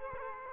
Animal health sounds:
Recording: mosquito wingbeat signal from an infrared sensor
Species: Culex quinquefasciatus

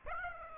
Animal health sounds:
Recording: mosquito wingbeat signal from an infrared sensor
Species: Aedes aegypti

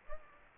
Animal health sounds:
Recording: mosquito wingbeat signal from an infrared sensor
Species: Aedes aegypti

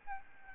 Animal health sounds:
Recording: mosquito wingbeat signal from an infrared sensor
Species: Aedes albopictus

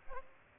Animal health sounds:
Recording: mosquito wingbeat signal from an infrared sensor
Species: Aedes aegypti

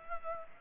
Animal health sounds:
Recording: mosquito wingbeat signal from an infrared sensor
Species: Culex pipiens

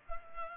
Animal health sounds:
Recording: mosquito wingbeat signal from an infrared sensor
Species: Culex pipiens

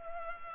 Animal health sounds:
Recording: mosquito wingbeat signal from an infrared sensor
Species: Culex pipiens

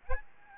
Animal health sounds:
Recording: mosquito wingbeat signal from an infrared sensor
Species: Aedes albopictus

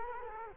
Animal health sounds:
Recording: mosquito wingbeat signal from an infrared sensor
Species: Culex quinquefasciatus

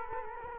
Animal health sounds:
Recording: mosquito wingbeat signal from an infrared sensor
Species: Culex quinquefasciatus

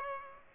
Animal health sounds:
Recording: mosquito wingbeat signal from an infrared sensor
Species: Aedes aegypti

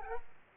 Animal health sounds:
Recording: mosquito wingbeat signal from an infrared sensor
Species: Aedes aegypti

